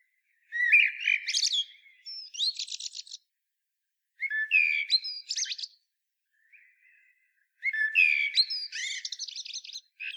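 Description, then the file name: Common blackbird song: three phrases, each opening with low fluted warbling notes and ending in a squeaky, rapid high twitter, separated by short pauses, with a faint soft note between. "Turdus merula"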